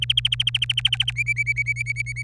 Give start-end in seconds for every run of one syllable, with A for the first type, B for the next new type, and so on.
0.02-1.11 A, 1.16-2.23 B